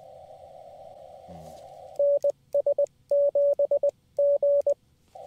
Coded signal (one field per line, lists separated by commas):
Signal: Morse code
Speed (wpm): 20 wpm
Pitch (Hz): 560 Hz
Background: radio noise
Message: NS7G